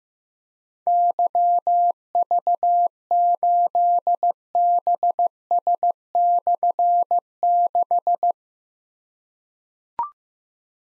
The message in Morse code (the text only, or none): YV8BS/6